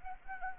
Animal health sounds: mosquito wingbeat signal from an infrared sensor; Anopheles gambiae

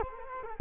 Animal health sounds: mosquito wingbeat signal from an infrared sensor; Culex quinquefasciatus

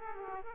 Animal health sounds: mosquito wingbeat signal from an infrared sensor; Aedes aegypti

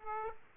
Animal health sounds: mosquito wingbeat signal from an infrared sensor; Aedes aegypti

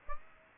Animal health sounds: mosquito wingbeat signal from an infrared sensor; Aedes aegypti

